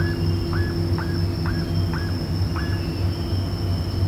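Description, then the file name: Bird calls: a short run of faint hooked notes, rising then level, under a droning low hum. "SABIOD 50 bird 2015"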